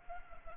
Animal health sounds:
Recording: mosquito wingbeat signal from an infrared sensor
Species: Culex pipiens

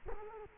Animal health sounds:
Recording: mosquito wingbeat signal from an infrared sensor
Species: Culex quinquefasciatus

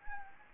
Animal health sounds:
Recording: mosquito wingbeat signal from an infrared sensor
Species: Anopheles gambiae

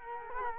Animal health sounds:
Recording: mosquito wingbeat signal from an infrared sensor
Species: Culex quinquefasciatus

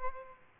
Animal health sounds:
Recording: mosquito wingbeat signal from an infrared sensor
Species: Aedes aegypti

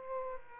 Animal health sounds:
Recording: mosquito wingbeat signal from an infrared sensor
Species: Aedes aegypti

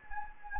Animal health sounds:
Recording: mosquito wingbeat signal from an infrared sensor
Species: Anopheles gambiae

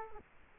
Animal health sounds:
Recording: mosquito wingbeat signal from an infrared sensor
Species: Culex quinquefasciatus

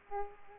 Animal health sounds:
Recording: mosquito wingbeat signal from an infrared sensor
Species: Aedes aegypti

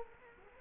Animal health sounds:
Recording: mosquito wingbeat signal from an infrared sensor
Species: Culex quinquefasciatus

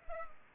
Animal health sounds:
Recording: mosquito wingbeat signal from an infrared sensor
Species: Culex pipiens

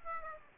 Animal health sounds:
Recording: mosquito wingbeat signal from an infrared sensor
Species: Aedes aegypti

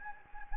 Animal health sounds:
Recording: mosquito wingbeat signal from an infrared sensor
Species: Anopheles gambiae

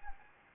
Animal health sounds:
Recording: mosquito wingbeat signal from an infrared sensor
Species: Anopheles gambiae

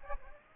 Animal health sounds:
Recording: mosquito wingbeat signal from an infrared sensor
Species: Aedes aegypti

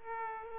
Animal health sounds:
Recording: mosquito wingbeat signal from an infrared sensor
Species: Aedes aegypti

